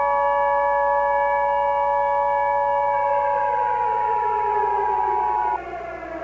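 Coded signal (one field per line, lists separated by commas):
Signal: Emergency Alert System (SAME) tones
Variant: 853 and 960 Hz attention tone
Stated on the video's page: Fictional EAS scenario.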